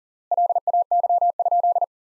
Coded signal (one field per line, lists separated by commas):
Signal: Morse code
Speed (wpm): 37 wpm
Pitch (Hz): 700 Hz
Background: none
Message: LAY?